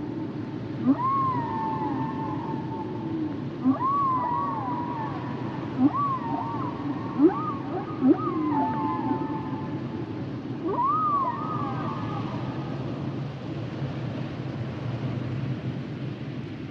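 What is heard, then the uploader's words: A humpback whale sings over a steady low rumble, with sweeping, rising-and-falling moans that glide downward and hold, repeating in groups around 1, 4, 6–8 and 11 seconds. Short sharp knocks accompany several calls, and the final seconds hold only the rumble. The songs and sounds of the humpback whale.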